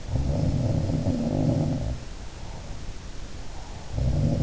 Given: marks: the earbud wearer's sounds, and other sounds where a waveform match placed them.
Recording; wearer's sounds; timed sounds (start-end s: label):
sounds in sleep by an in-ear microphone; breath
0.00-4.43 s: sound from someone else or the room
2.02-4.13 s: breath